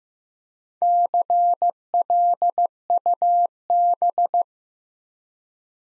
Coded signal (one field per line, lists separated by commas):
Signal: Morse code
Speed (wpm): 15 wpm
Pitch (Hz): 700 Hz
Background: none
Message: CLUB